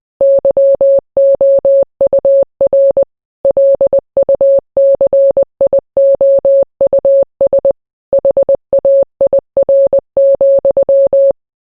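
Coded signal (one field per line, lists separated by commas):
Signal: Morse code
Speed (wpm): 20 wpm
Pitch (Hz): 550 Hz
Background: none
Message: YOUR LUCIOUS HAIR,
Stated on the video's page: International Morse made with a Morse code translator, not keyed by hand.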